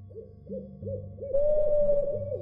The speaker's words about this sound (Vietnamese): Tiếng cú bắt đầu kêu vang ngày càng lớn.